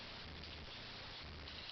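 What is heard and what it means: The plastic bottom piece of a Transformers Animated Lugnut action figure is turned during transformation, on its way to locking into the figure's body. Only a steady, rain-like hiss with a low rumble is heard, with no distinct hits. Nothing has seated or clicked yet.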